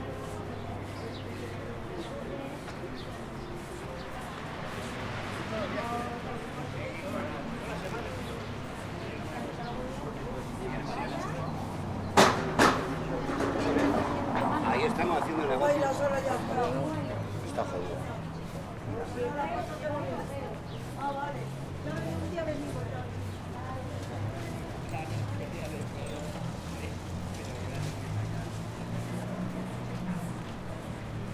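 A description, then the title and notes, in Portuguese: A short walk through Puerta del Sol: a steady murmur of many voices and footsteps, with a few sharp clacks around twelve seconds. Pequeno percurso na Puerta del Sol.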